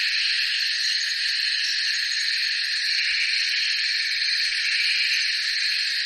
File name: zapsplat. frogs distant by forest lake night subtropical australia